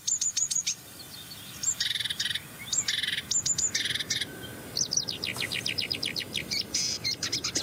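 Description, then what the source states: Marsh warbler song with mimicry: bursts of high repeated notes, harsh buzzy rattles and quick chattering phrases, and a rapid series of sharp descending notes. Song section in which the bird imitates an icterine warbler, itself a mimic.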